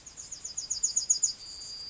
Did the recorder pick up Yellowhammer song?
yes